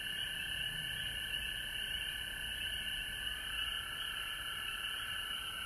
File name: Frogs Home Georgia Mar 19 , 2020